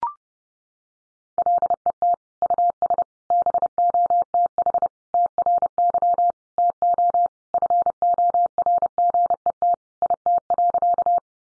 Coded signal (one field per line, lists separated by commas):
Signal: Morse code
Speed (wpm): 30 wpm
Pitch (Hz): 700 Hz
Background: none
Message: LET US BOTH TRY TO FORGET IT.